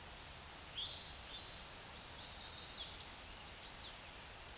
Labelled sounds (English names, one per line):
Tennessee Warbler song